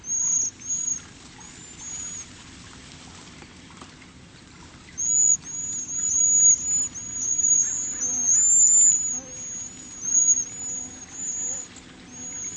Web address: cotor. Cedar Waxwing